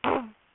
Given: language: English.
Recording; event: throat vibration sensor signal played as sound; throat clearing